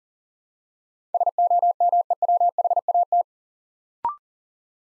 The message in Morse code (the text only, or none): SOMEWHAT